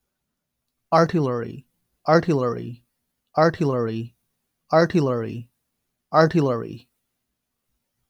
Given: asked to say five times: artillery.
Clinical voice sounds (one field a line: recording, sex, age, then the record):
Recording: repeated word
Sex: male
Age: 20 to 29 years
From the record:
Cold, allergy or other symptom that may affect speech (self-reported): no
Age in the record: 24 years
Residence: North Carolina, United States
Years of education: 18